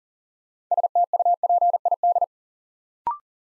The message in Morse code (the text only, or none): STUPID